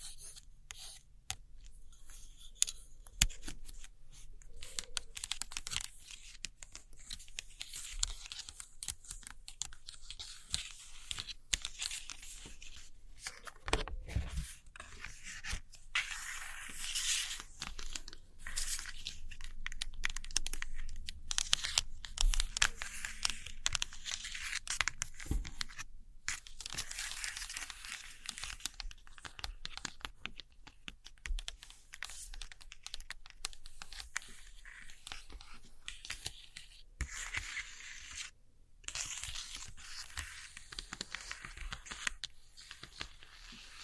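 Gentle scratchy tapping and tracing over old postcards, a dense run of fine dry scratches and quick light taps that continues through the whole stretch. Brighter scraping passes swell and fade, and a few firmer knocks or thumps land near 14, 26 and 38 seconds.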